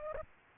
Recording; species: mosquito wingbeat signal from an infrared sensor; Culex pipiens